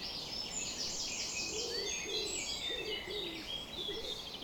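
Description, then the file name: Birds: bird dawn chorus with layered high, fast trills and whistled notes, plus a few low cooing phrases underneath. Summer morning bird chorus recorded at 4:40 am. "summer morning bird chorus-4 40 am in cobs"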